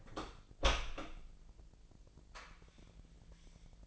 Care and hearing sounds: daily activity, microphone in the room; open door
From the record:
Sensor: 5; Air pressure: 1001.5 hPa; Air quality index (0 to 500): 249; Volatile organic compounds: 35 ppm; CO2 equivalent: 3057 ppm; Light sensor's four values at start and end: 37/85/34/33 and 37/86/35/33

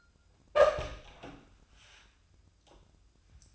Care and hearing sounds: daily activity, microphone in the room; open door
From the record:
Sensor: 2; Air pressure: 1004.7 hPa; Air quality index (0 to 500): 74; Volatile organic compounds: 1 ppm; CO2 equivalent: 874 ppm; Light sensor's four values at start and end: 7/16/6/7 and 7/16/6/7

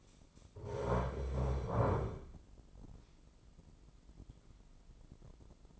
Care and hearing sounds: daily activity, microphone in the room; stand up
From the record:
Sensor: 5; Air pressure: 996.1 hPa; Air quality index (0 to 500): 246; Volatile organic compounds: 491 ppm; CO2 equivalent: 4807 ppm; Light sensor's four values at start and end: 174/416/177/193 and 174/416/177/193

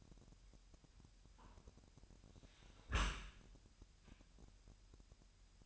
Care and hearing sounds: daily activity, microphone in the room; close dishwasher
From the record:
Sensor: 2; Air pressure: 998.0 hPa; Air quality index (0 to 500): 148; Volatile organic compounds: 4 ppm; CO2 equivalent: 1677 ppm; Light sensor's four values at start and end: 10/29/11/11 and 10/29/11/11

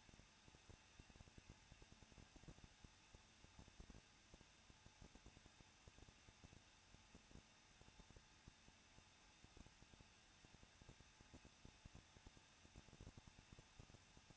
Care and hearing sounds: daily activity, microphone in the room; no activity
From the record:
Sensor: 2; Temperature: 21.0 degrees Celsius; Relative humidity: 37.5%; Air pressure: 1006.2 hPa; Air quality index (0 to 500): 224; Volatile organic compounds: 25 ppm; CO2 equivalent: 2846 ppm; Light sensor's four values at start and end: 2/3/2/2 and 2/3/2/2

